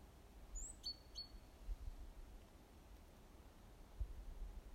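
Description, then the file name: Great tit call: one high, thin falling note and two brief lower notes in quick succession, then quiet background hiss and low rumble. "Parus major"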